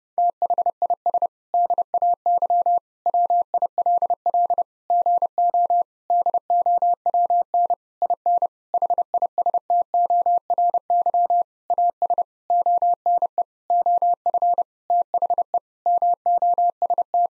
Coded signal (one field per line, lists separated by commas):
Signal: Morse code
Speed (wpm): 30 wpm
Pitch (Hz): 700 Hz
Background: none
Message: THIS DAY WILL GO DOWN IN HISTORY AS ONE OF THE MOST